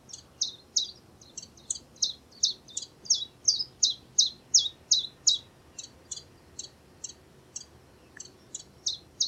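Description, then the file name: Common chiffchaff singing a steady run of high, clipped notes, roughly three per second, with a quiet background. "zilpzalp"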